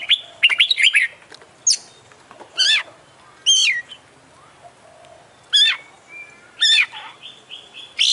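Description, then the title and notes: Oriental magpie-robin song: varied loud whistles and harsh buzzy notes in bursts, with steep frequency sweeps and a few sustained whistled tones, separated by short pauses. Champion bird in continuous song (gacor), a masteran selection. "Kacer Juara Gacor. Kumpulan Suara Burung Masteran Pilihan"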